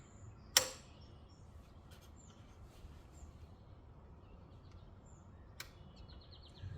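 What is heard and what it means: A click-type torque wrench set to 28, with a known weight hanging from its handle to test its calibration, gives a short, sharp click at 5.6 s when it reaches its setting, confirming the calibration. A louder sharp snap occurs earlier at 0.6 s, over steady low background noise with faint high chirps.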